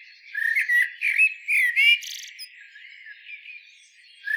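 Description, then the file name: Eurasian blackbird singing a rich warbled whistle phrase that breaks into a thin, scratchy high flourish, then a quiet pause. "Turdus merula"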